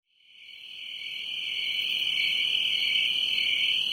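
Crickets: a continuous high-pitched trill that fades in over the first two seconds and then holds steady.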